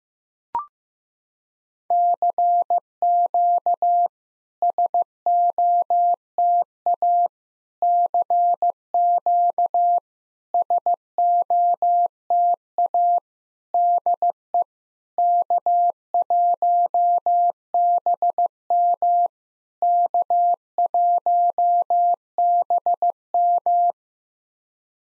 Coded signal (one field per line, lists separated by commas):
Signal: Morse code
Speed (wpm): 15 wpm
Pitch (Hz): 700 Hz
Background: none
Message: CQ SOTA CQ SOTA DE K1BM K1BM